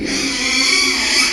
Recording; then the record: squeal of a Yucatan mini pig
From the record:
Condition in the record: after surgery on the right vocal fold (resection and tissue-engineered implant); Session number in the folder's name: 2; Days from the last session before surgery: 13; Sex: male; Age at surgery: 12 weeks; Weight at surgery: 13 kg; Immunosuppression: cyclosporine, prednisolone